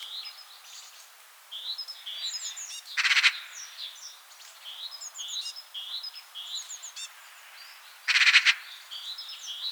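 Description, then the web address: Eurasian magpie with two short, grating chatter bursts about five seconds apart, while other birds keep up thin whistles and trills in the background. "vogelstimmen elster ruf gesang nabu lars lachmann"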